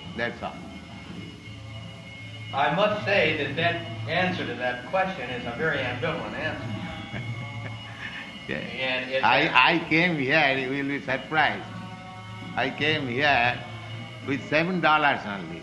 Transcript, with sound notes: That's all.
I must say that that answer to that question is a very ambivalent answer.
[chuckling] Yes. I came here... You will be surprised. I came here with seven dollars only,